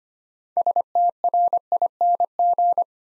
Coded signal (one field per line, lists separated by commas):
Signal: Morse code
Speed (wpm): 25 wpm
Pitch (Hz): 700 Hz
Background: none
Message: STRING